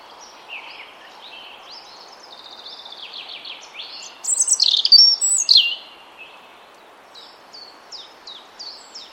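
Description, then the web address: European robin song with wavering high warbles building to a loud, piercing cluster of notes, then scattered soft high chips, steady hiss underneath. "Deverinetal 2025 File origin Bird Only Er Ru"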